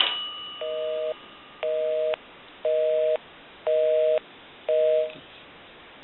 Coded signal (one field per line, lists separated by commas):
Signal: telephone call progress tone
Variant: North America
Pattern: busy tone